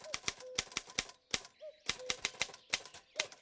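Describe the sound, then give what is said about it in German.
Mechanical typewriter keys strike in quick, uneven bursts of sharp clacks, with short pauses and small ringing dings between runs, no voices present. “Ich kehre heim, war der Satz, den seine Mutter gestern zuletzt auf der Schreibmaschine geschrieben hat.”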